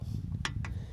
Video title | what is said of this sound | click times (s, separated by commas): New Winch? Do this First! Nylon Rope Stretching | and it pops into place. | 0.5 s